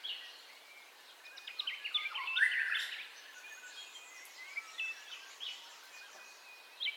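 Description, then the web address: Several birds chirping and whistling together in a busy dawn chorus, with a louder burst of notes around the middle and quieter sustained whistles after it. Dawn ambience of bird calls, recorded in stereo. "Sound Effects-Foundation Updates AMBIENCE DAWN BIRDCALLS 04 STEREO"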